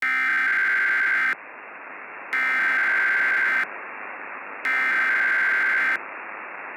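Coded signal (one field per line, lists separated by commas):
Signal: Emergency Alert System (SAME) tones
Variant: header bursts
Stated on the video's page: Fictional, self-made Murder Drones EAS scenario, not a real alert.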